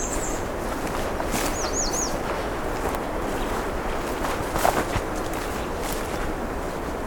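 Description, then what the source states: Black-and-white Warbler song, a brief series of thin, very high squeaky notes repeated about three times, with a footstep. Heard again along a road allowance skirting the edge of national park lands; several of these warblers present.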